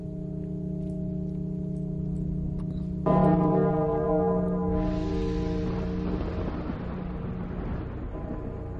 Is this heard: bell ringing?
yes